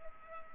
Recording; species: mosquito wingbeat signal from an infrared sensor; Culex pipiens